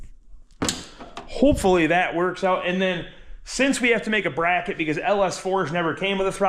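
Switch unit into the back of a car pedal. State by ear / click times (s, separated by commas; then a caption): seated / 0.6 s. A switch unit is pushed by hand into the back of a pedal, snapping into the pedal bracket during a pedal assembly swap on an LS-swapped manual two-door Ford LTD Crown Victoria. A sharp snap at 0.6 s shows the switch seating, and someone talks before and after it.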